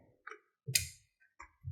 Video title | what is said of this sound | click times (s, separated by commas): Ricoh mp 301spf complete drum unit & developer unit service tutorial | है, इसको थोड़ा सा प्रेस करेंगे तो ये लॉक हो जाएगा और उसके बाद ये जो हमने | 0.8 s